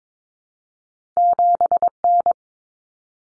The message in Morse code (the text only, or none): 7N